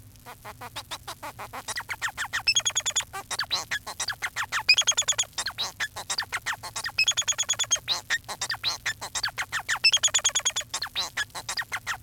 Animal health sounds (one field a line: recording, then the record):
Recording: song of a male Bengalese finch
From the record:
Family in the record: son of father 4